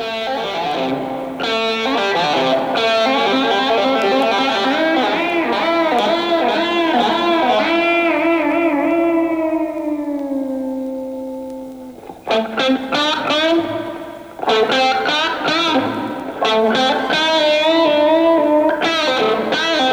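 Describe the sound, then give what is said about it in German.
A lone distorted electric guitar plays a pop music solo with heavy, wavering vibrato, holding a long bending note that slowly fades before bursting into fast, loud runs with squealing feedback and echoing reverb. “Hall, Lautstärke, schleifende Töne, starkes Vibrato, schnelle Läufe und Rückkopplungseffekte. Es ist nicht schwer zu erkennen, weil hier die Gitarre ganz allein spielt.”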